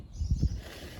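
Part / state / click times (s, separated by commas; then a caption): trellis into side holes of a raised garden planter / not seated / none. A second trellis is handled against the two side holes of a raised garden planter, about to be snapped in. Low, dull bumps and rustling peak around 0.3 and 0.45 seconds. Nothing has seated or clicked yet.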